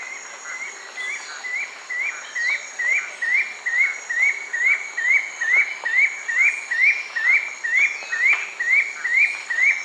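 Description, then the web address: Spotted puffbird calling in an even, rapid run of rising whistled notes, a little over two per second and swelling in volume, with a constant high-pitched insect hum behind. Eastern lowlands of South America. "Natures Songs S America Eastern Lowlands. Spotted Puffbird"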